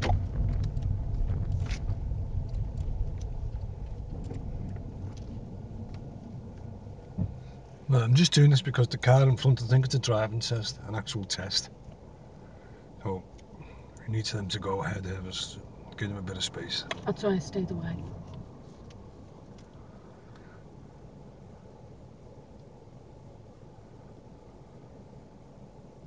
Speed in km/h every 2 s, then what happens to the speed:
5, 3, 0, 0, 0, 0, 0, 0, 0, 0, 0, 0, 0.
3-26 standing.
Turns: none.